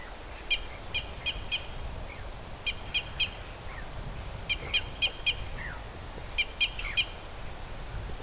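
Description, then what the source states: Red Crossbill calls: crisp, abrupt kip notes in tight groups of three or four, four groups spaced a couple of seconds apart, over background noise. Red Crossbill Type E; excitement calls (ECs).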